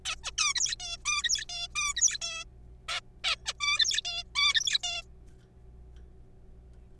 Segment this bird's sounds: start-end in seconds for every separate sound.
0.05-0.15, 0.23-0.31, 0.38-0.54, 0.56-0.76, 0.80-0.97, 1.05-1.45, 1.49-1.68, 1.76-1.93, 1.97-2.18, 2.21-2.44, 2.88-3.00, 3.24-3.36, 3.46-3.53, 3.60-4.01, 4.05-4.23, 4.35-4.78, 4.84-5.02